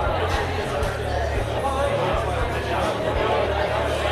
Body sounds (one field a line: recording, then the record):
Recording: background sound without coughing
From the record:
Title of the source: CITY SOUNDS Busy Bar in the Evening Night - 2 HOURS of Ambiance for Relaxation